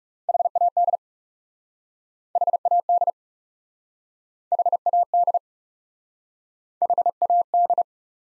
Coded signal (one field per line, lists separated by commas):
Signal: Morse code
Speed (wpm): 41 wpm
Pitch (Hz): 700 Hz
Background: none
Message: HAD HAD HAD HAD